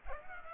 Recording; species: mosquito wingbeat signal from an infrared sensor; Culex pipiens